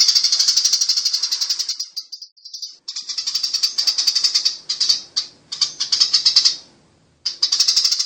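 Bird song: a rapid, high, buzzy chattering delivered in dense bursts, broken by brief pauses and a near-silent gap toward the end.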